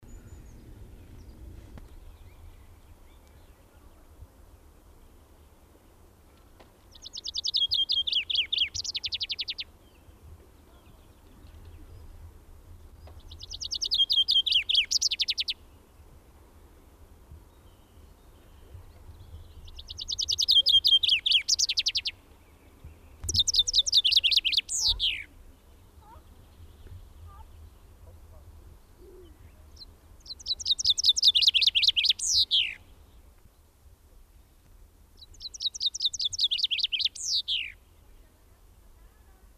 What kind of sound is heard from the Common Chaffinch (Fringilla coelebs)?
song